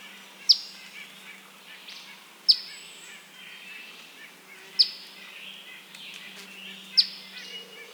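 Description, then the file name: Eastern phoebe repeating a single sharp, high chip roughly every two seconds, four in all, over faint birdsong. "Eastern Phoebe - Sayornis phoebe"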